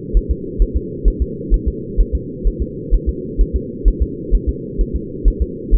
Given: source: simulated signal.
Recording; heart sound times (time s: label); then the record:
fetal heart sounds
0.17 s: S1
0.31 s: S2
0.62 s: S1
0.77 s: S2
1.08 s: S1
1.22 s: S2
1.54 s: S1
1.68 s: S2
2.01 s: S1
2.15 s: S2
2.47 s: S1
2.62 s: S2
2.94 s: S1
3.09 s: S2
3.41 s: S1
3.56 s: S2
3.88 s: S1
4.02 s: S2
4.35 s: S1
4.49 s: S2
4.81 s: S1
4.96 s: S2
5.28 s: S1
5.42 s: S2
5.75 s: S1
From the record:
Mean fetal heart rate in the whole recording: 130 bpm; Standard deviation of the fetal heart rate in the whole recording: 2 bpm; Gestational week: 36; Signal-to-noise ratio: -4.1 dB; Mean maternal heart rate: no maternal heart sound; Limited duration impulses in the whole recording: absent